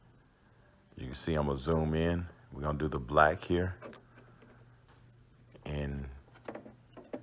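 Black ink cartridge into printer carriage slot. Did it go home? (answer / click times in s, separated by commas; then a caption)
yes / 7.1 s. Someone talks while a black ink cartridge is set into its slot in the carriage of an HP Officejet Pro 6968 printer (6960 series) and pushed down. After a few faint taps, a sharp snap at 7.1 s marks the cartridge locking into place.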